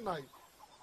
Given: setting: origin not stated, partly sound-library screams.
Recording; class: one-second piece from a danger detection set; normal situation